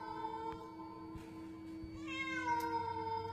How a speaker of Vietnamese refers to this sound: Đang đi thì bỗng nó nghe một tiếng con mèo hoang, nó kêu ngoao ngoao vọng ở trong vườn. Nửa đêm nửa hôm, vườn thì tối như là cái hũ. Gớm nghe tiếng mèo kêu trong đêm đến rợn hết cả người.